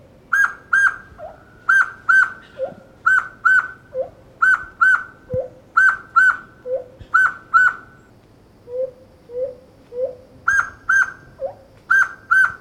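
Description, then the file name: Black-throated laughingthrush with loud paired whistles, each pair introduced by a quieter low rising note, repeated in a steady rhythm apart from one short stretch of low notes alone. "poksay hitam omkicau"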